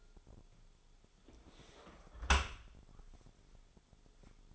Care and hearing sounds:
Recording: daily activity, microphone in the room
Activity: close dishwasher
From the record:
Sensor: 5

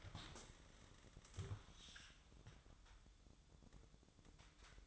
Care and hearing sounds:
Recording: daily activity, microphone in the room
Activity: stand up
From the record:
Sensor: 3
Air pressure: 1005.0 hPa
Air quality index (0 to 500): 83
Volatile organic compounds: 2 ppm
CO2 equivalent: 1264 ppm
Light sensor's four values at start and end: 9/20/8/8 and 8/18/7/7

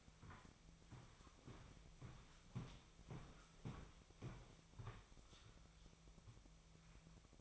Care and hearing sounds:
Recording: daily activity, microphone in the room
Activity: walk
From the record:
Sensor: 1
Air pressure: 1001.7 hPa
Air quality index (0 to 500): 222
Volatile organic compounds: 30 ppm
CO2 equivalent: 2959 ppm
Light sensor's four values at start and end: 10/34/12/14 and 9/33/12/13

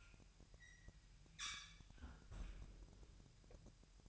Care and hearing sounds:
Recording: daily activity, microphone in the room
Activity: close fridge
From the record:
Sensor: 2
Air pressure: 1001.8 hPa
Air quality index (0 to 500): 250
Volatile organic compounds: 38 ppm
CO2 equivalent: 3118 ppm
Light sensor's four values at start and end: 8/28/11/10 and 8/28/11/10

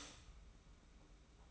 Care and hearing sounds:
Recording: daily activity, microphone in the room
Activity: stop toaster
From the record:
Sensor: 1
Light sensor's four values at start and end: 33/109/42/43 and 33/109/42/43

